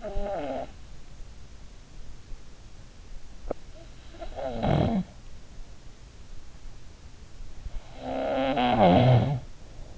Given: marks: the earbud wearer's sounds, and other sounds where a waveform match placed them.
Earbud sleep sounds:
sounds in sleep by an in-ear microphone; snoring breath, teeth grinding
0.00-0.76 s: snoring breath
3.39-3.69 s: teeth grinding
4.06-5.12 s: snoring breath
7.83-9.62 s: snoring breath

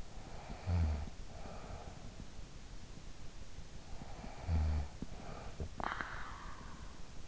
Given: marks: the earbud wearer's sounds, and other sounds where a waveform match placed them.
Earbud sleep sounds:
sounds in sleep by an in-ear microphone; snoring breath
0.03-2.66 s: snoring breath
3.59-7.28 s: snoring breath

